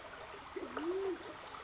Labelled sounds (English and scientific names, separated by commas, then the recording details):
Band-tailed Pigeon (Patagioenas fasciata)
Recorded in Sonoma County, California